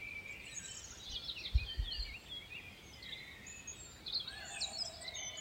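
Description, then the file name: Birds chirping and warbling in a chorus, with a few low thumps early on and a steady soft whistle near the end. Birdsong recorded in the Ardèche at 6 a.m. "Vogelgesang-Ardeche-6-Uhr-morgens"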